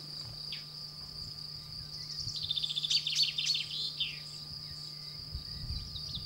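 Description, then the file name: Common chaffinch song, a quick run of descending chirpy notes lasting about two seconds, over a steady high-pitched whine and a low hum. "Pinson des arbres Common Chaffinch Buchfink Fringilla coelebs"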